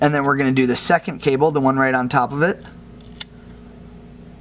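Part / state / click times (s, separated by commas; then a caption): display flex cable connector into phone logic board socket / seated / 3.2 s. Someone talks, then a second display flex cable connector, stacked on top of the first, is pressed onto its socket on an iPhone 5 logic board. It snaps in with a sharp click at 3.2 s, and the connector is seated.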